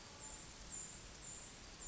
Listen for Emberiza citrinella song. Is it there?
no